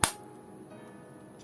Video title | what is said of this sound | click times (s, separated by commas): Identity Crisis - Edifier GM4 Unboxing and First Impression | as you can hear the snapping sound. | 0.0 s